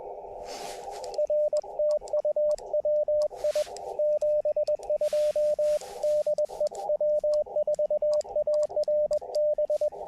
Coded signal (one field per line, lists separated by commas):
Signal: Morse code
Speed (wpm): 20 wpm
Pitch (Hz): 600 Hz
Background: radio noise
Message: R TU WI 72 DE W4ARB